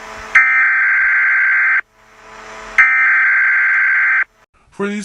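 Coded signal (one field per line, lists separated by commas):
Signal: Emergency Alert System (SAME) tones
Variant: header bursts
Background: speech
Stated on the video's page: Made-up, fictional EAS alert.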